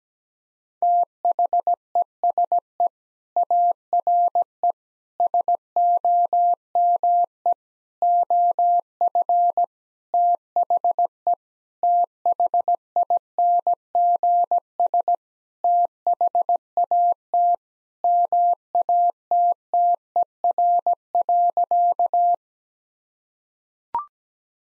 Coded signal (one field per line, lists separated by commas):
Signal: Morse code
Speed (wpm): 17 wpm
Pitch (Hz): 700 Hz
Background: none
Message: THESE ARE SOME OF THE THINGS THAT MATTER.